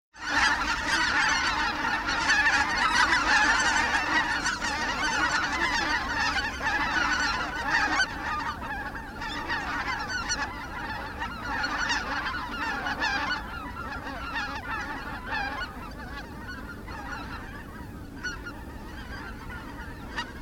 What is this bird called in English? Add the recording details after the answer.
Greater White-fronted Goose. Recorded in the wild. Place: Schaprode, Insel Rügen, Mecklenburg-Vorpommern, DE. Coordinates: 54.514, 13.167. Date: 1973-10-02 06:15. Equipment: Nagra III BH, Sennheiser MD 21. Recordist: Schubert, Michael. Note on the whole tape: anfliegende und schon anwesende Bläßgänse in geringer Entfernung; Überflüge, fernes Gesumm von hunderten, sehr eindrücklich